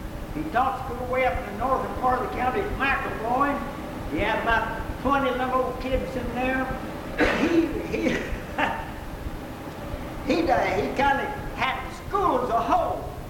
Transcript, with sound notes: He taught school way up in the northern part of the county at McAboy. He had about twenty of them old kids in there. He--he. (laughs) He'd--he kinda had the school as a whole.